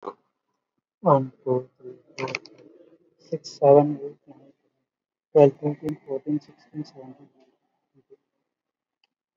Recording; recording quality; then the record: counting at a normal pace; poor, much background noise or distortion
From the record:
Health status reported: COVID-19 positive, moderate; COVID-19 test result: positive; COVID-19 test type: RT-PCR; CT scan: taken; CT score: 16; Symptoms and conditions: cough, cold, breathing difficulty, sore throat, fever, fatigue, muscle pain, loss of smell and taste, diabetes, ischaemic heart disease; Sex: male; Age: 58 years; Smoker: no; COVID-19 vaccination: both doses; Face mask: worn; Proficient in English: yes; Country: India